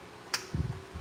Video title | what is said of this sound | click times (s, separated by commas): The 2025 Tacoma Gets Better lights! | You might have heard that little uh click. | 0.3 s